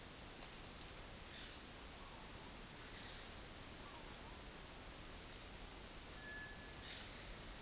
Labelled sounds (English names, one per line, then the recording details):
White-throated Tinamou
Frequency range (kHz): White-throated Tinamou 1.2-2.4 kHz
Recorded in dense forest near Puerto Asís, Putumayo, Colombia, on 20 February 2024 at 11:00
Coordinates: 0.481, -76.318
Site G6421